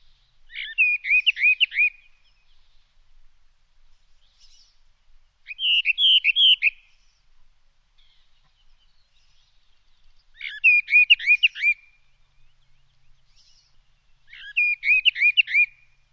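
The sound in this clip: Bird repeating a rapid burst of slurred whistled notes, four phrases spaced several seconds apart, otherwise quiet.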